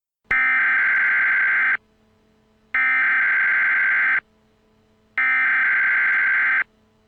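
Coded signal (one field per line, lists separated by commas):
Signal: Emergency Alert System (SAME) tones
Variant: header bursts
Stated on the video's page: Simulated alert tones in a fictional emergency alert scenario.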